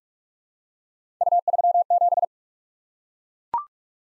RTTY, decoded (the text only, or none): none